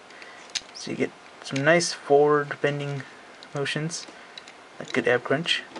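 The waist joint of a diecast robot figure is being handled and bent forward in a crunching motion while someone talks, with a brief tick near 0.2 s. The joint has not been pushed down to lock, and nothing has seated or clicked yet.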